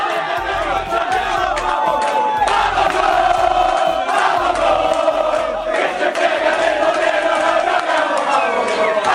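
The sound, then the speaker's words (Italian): A large crowd of Cagliari football fans roars and chants in unison, welcoming the player Pavoletti like a king in Cagliari. It is a loud, sustained wall of voices with rhythmic shouted swells and no pauses throughout. “Poi mi fate sentire Pavoletti accolto come un re a Cagliari.”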